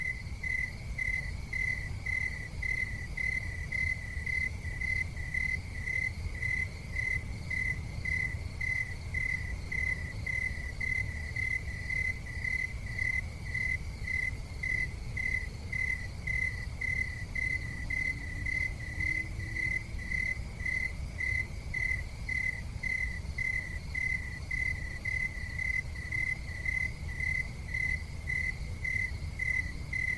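Crickets chirp in a fast, unbroken pulse, a bright high trill that holds steady for the whole half minute. Beneath it runs a constant low city rumble, with a faint rising hum from a passing vehicle around the twenty-second mark.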